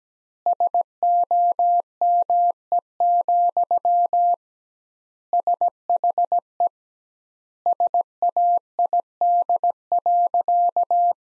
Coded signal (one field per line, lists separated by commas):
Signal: Morse code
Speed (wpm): 17 wpm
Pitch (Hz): 700 Hz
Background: none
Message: SOME, SHE SAID.